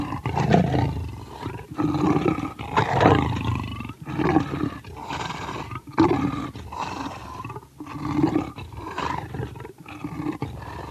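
Leopard giving a long run of coarse, sawing rasps, each lasting about one to two seconds, separated by short gaps.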